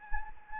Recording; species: mosquito wingbeat signal from an infrared sensor; Anopheles gambiae